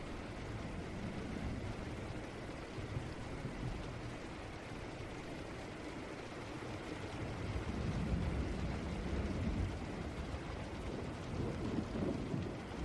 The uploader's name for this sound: Rain Sounds